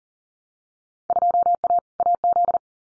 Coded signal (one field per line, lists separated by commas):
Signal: Morse code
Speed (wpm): 40 wpm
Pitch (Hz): 700 Hz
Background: none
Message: 2A AZ